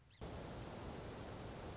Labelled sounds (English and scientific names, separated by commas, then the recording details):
Song Sparrow (Melospiza melodia)
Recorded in Sonoma County, California